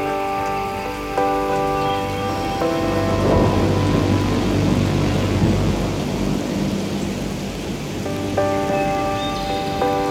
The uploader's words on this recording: Stormy minutes of rain in some Woods.